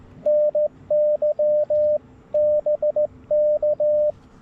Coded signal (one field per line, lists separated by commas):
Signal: Morse code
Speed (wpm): 17 wpm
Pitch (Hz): 600 Hz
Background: radio noise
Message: NY BK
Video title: QRS CW POTA on a straight key at Taughannock Falls State Park